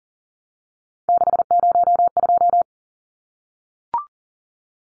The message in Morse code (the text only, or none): 602